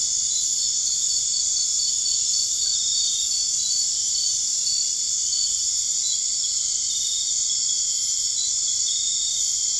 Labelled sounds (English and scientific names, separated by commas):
none